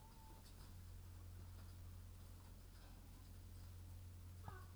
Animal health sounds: poultry house recording; sick chickens (respiratory disease)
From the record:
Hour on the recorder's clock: 21

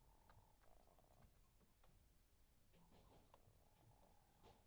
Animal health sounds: poultry house recording; sick chickens (respiratory disease)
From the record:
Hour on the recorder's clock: 22

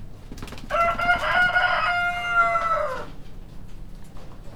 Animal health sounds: poultry house recording; healthy chickens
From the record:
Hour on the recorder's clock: 23

